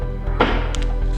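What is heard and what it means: The boot latch on a damaged car body releases with a sharp click at 0.4 s as the boot is opened. Two fainter, brief ticks follow at about 0.8 s over a steady low hum, and the boot is now open.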